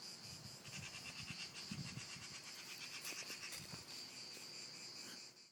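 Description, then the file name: Crickets trilling in a steady high pulsing chorus over low rumbling background noise. Recorded in Lloret. "Grillos En Lloret"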